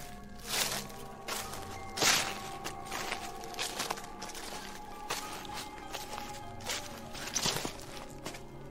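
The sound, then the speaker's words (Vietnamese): Slow, uneven footsteps thud one at a time, about seven in all, each a dull scuffing impact, approaching a house across the yard outside, over a steady low hum with no voices. “Đang hoang mang với mớ suy nghĩ lêu trai thì mụ nghe ở ngoài sân có âm thanh giống như là tiếng bước chân đang tiến lại gần căn nhà.”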